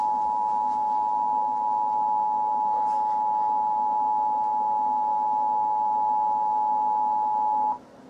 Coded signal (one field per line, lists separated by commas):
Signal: Emergency Alert System (SAME) tones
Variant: 853 and 960 Hz attention tone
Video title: Tornado warning emergency alert system (FAKE￼)